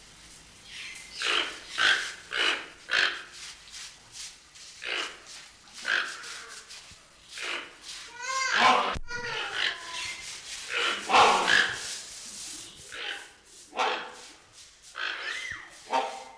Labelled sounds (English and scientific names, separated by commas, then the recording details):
Toco Toucan (Ramphastos toco) call
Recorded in captivity
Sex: pair
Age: adult
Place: Zoo Berlin, Berlin, DE
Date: 1992-05-09 10:40
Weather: wechselnd wolkig, böiger Wind, 10-12°C
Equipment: Nagra SN, Mikrofon AKG CK 8, Kopie Tesla B 116
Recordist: Tembrock, Günter